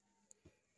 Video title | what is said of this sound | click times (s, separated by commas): October 11, 2023 | binaba kanina kailangan iaangat taas ganyan So lock na naka-lock | 0.3 s